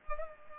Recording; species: mosquito wingbeat signal from an infrared sensor; Culex pipiens